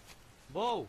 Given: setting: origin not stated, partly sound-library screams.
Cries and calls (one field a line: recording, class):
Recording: one-second piece from a danger detection set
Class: normal situation